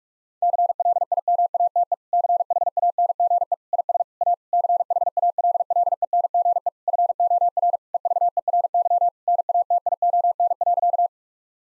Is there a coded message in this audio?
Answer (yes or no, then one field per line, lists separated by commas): yes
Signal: Morse code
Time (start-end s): 0.4-11.1 s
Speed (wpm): 46 wpm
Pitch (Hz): 700 Hz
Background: none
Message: CLIMATE CHANGE IS A CHALLENGE FOR EVERY NATION.